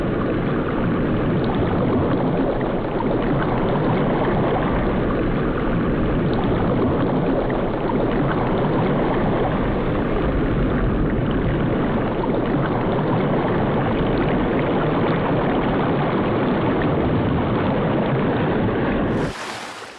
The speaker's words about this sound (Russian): По воде плывет корабль.